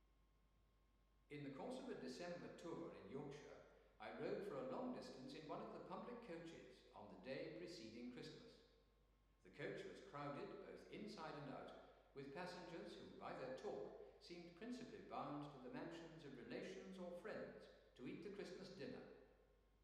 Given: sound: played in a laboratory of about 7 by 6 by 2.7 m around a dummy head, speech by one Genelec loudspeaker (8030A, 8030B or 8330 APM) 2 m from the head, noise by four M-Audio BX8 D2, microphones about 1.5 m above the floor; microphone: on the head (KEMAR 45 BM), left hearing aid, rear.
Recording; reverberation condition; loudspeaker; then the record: male speech in English; high; 90 degrees to the left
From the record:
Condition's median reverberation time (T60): about 1300 ms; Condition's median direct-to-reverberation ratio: about -4.0 dB